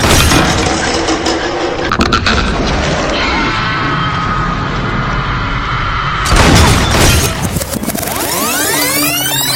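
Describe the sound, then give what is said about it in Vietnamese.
Loud gunshot blasts fired inside a hospital, with glass shattering, a harsh crashing wash that surges again in a second violent burst, then trails off into ringing, descending debris tones. No voices. “Kha Lương và Tần Cẩm chạy tới giữa cầu thang thì nghe thấy tiếng súng.”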